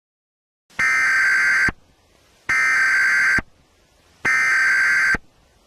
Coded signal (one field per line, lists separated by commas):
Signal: Emergency Alert System (SAME) tones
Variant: header bursts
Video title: EAS Scenario - Aliens Take Over Tennessee